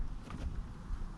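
A cordless lawnmower battery pack of about 5 kg is handled as it is slid toward its bay on the plastic mower body, with low rumbling handling noise and a brief faint tick near 0.3 s. Nothing has seated or clicked yet; the pack is not yet home in the bay.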